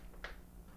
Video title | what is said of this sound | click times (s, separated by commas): Adding a rack and bags to a touring bike | Once the adapters are attached, the fork pack just clicks into place. | 0.2 s